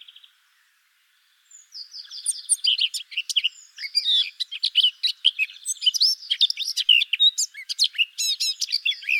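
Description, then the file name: Eurasian blackcap song: a brief soft note, a pause, then a fast chattering warble building into loud fluting whistles and sharp clicks. "Sylvia atricapilla"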